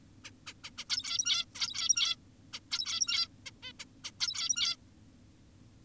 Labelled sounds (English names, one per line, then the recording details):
Zebra Finch
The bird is an adult
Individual g17y2U